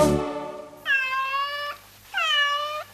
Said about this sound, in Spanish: ¿Qué es? El gato que maulló.